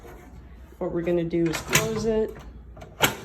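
Someone talks while the door latch of a medical autoclave sterilizer is handled as the door is being closed. Faint brief knocks come at about 2.8 s and a sharp broadband burst at about 3.0 s. The clip ends before the latch goes home, so nothing has seated or clicked yet.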